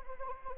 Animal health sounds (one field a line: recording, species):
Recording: mosquito wingbeat signal from an infrared sensor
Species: Anopheles arabiensis